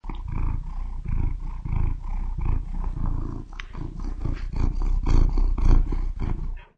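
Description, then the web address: Domestic cat purring: a deep, rumbling purr that swells and eases in repeated cycles. "SFXSource. Cat Deep Pur 2"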